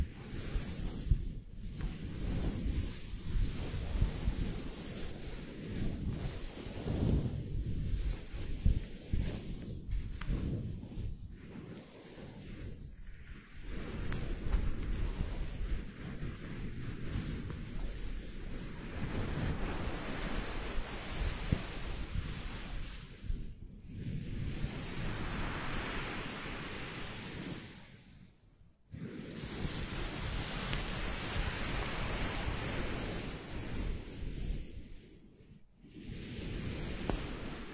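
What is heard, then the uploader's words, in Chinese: A foam microphone windscreen is rubbed and squeezed right against the mic, making a dense, rumbling rush like wind or surf. The scratchy texture grows brighter in the second half, and short silences break it near 23, 28 and 35 seconds. 麦克风防风棉套触发。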